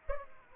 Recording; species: mosquito wingbeat signal from an infrared sensor; Aedes aegypti